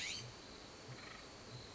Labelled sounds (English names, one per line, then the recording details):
California Scrub-Jay
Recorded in Sonoma County, California